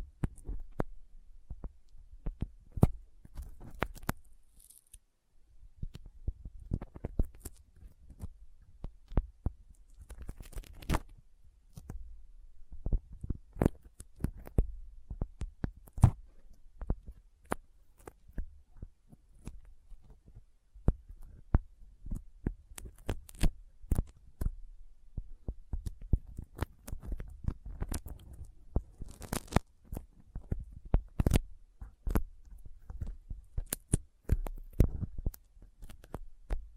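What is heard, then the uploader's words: Sticky fingers make dense, irregular clicks and crackles throughout, over a low steady rumble, with a brief bright squeak near five seconds. ASMR Intense Sticky Finger Sounds (No Talking).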